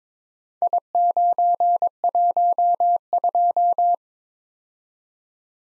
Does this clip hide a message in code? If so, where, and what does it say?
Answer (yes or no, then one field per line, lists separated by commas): yes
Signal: Morse code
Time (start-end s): 0.6-4.0 s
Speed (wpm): 22 wpm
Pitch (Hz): 700 Hz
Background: none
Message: I912